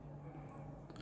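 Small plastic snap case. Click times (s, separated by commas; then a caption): 0.5 s. The plastic cover half of a Kia Seltos key fob, with a new button cell fitted, is lined up and pressed into the fob housing. A single sharp snap at 0.5 s marks it locking shut, followed by a few softer clicks near 0.9–1.0 s over a steady low hum. The case is seated.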